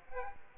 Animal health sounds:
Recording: mosquito wingbeat signal from an infrared sensor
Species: Aedes aegypti

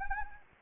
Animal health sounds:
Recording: mosquito wingbeat signal from an infrared sensor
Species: Anopheles arabiensis

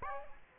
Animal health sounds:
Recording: mosquito wingbeat signal from an infrared sensor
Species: Aedes aegypti

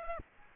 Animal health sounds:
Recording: mosquito wingbeat signal from an infrared sensor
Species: Aedes aegypti

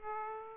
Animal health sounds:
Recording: mosquito wingbeat signal from an infrared sensor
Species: Aedes aegypti

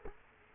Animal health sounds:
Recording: mosquito wingbeat signal from an infrared sensor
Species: Culex quinquefasciatus

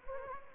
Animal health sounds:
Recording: mosquito wingbeat signal from an infrared sensor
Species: Anopheles gambiae

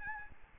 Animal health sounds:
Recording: mosquito wingbeat signal from an infrared sensor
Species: Aedes albopictus

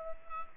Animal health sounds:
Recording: mosquito wingbeat signal from an infrared sensor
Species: Culex pipiens

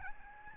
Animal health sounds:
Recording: mosquito wingbeat signal from an infrared sensor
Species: Aedes albopictus

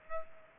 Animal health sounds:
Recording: mosquito wingbeat signal from an infrared sensor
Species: Aedes aegypti

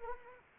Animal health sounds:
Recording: mosquito wingbeat signal from an infrared sensor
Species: Anopheles arabiensis

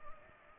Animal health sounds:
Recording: mosquito wingbeat signal from an infrared sensor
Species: Culex pipiens

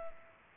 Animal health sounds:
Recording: mosquito wingbeat signal from an infrared sensor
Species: Culex pipiens

